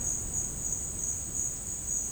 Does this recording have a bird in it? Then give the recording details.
no. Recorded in dense forest near Puerto Asís, Putumayo, Colombia, on 25 June 2025 at 11:30. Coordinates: 0.481, -76.323. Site G072